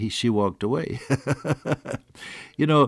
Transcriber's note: laughter